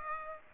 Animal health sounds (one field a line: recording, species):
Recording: mosquito wingbeat signal from an infrared sensor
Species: Aedes aegypti